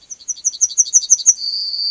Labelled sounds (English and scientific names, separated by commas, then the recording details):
Yellowhammer (Emberiza citrinella) song
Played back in forest
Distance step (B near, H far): B
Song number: 127